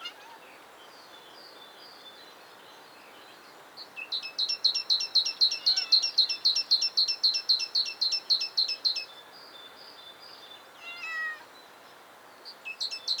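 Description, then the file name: Great tit calling a quick steady series of high repeated notes for about five seconds; other brief bird notes, including a short descending call, are heard around it. "Parus major"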